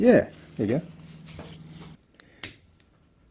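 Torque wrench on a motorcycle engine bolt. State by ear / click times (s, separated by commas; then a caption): torque reached / 2.4 s. Someone talks as a click-type torque wrench set to 30 Nm is turned on a bolt of a 2006 KTM 640 LC4 motorcycle engine during an engine oil and filter replacement. After a quiet moment with a few faint ticks, the wrench breaks over with a sharp click at 2.4 s. It reaches its setting, so the bolt is tightened to 30 Nm without overtightening and damaging the threads in the engine.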